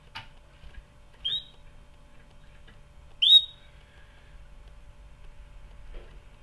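Canary calls: two short, bright upslurred whistled notes about two seconds apart, with a few faint ticking clicks.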